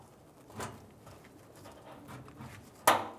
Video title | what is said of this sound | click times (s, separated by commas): How to Replace Rear Fuel Pump Module Assembly 1992-1996 Ford F-150 | it click now I'm going to put the lock Clips on safety locks larger side goes | 2.9 s